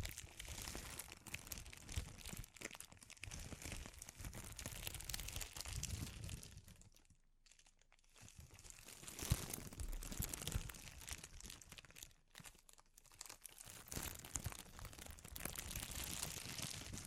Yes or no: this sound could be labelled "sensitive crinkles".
yes